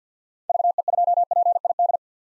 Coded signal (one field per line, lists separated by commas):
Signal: Morse code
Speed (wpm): 50 wpm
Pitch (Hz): 700 Hz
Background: none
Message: VE2PID